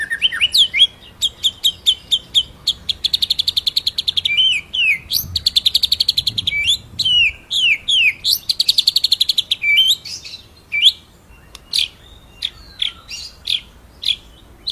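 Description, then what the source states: White-rumped shama song, a long fast rolling series of clipped notes and whistled slurs, then spaced high chips. Masteran recording, a training song played to teach songbirds, with full rolling (ngerol) song and shooting (nembak) phrases.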